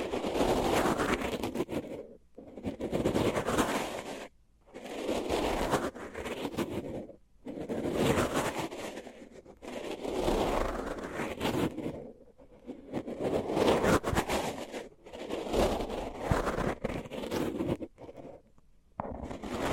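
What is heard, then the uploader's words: Crinkly scraping and rustling over microphones covered with tape, coming in dense bursts of about two seconds separated by short near-silent gaps. The sound is bright and crackly with a soft low rumble underneath. ASMR Sensitive Tingles with Mics Under Tape (No Talking).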